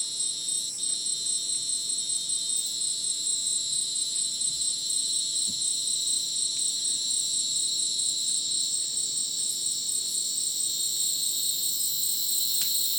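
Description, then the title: Dense cricket chorus of ringing high trills, unbroken and steady, with a few faint ticks beneath. Dense insect chorus likened to a polyrhythmic electronic concert, after sunset in dense rainforest, Madidi National Park, Ucumari, Bolivia; very high insect density; AT BP4029 microphone, MixPre 6 recorder. "Madidi National Park, Ucumari, Bolivia - Supersonic Crickets in the rainforest"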